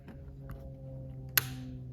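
A drinking hose is pushed back into the plastic quick-connect fitting on a water bladder. Over a steady low hum, a sharp, loud click at 1.4 s shows that the coupling has seated fully.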